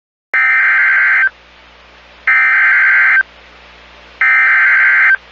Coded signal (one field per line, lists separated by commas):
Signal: Emergency Alert System (SAME) tones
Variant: header bursts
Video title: STARTING OFF WITH A BANG... || EAS Alerts from January 2023 (EAS #1,535-1,573)